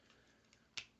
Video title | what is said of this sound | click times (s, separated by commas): Maxwell's Reviews: Transformers SS 86 Voyager Class Scourge | bend this back like so and then this will just kind of go click into place | 0.8 s